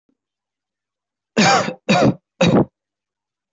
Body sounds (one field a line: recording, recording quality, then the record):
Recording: shallow voluntary cough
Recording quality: excellent, no background noise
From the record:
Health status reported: healthy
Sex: male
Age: 19 years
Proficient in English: yes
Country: India